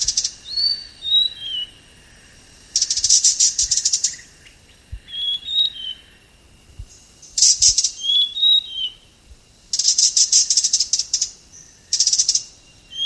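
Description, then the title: Blue-crowned hanging parrot giving rasping pulsed chatter in short bursts, interspersed with brief high whistled phrases that dip and rise. "SERINDIT"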